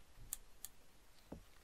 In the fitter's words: and there's a little click